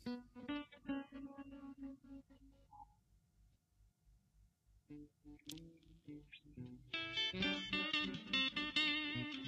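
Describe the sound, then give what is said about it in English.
An electric guitar, its effects turned off apart from a bit of reverb, plays a few chords and single notes with a light reverb tail, pausing briefly before a fuller, brighter strummed passage builds at moderate volume. “No, I just have a bit of reverb on.”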